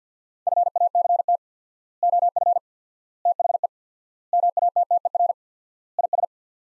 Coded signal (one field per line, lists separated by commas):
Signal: Morse code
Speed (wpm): 49 wpm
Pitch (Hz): 700 Hz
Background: none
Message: FACT OF THE MATTER IS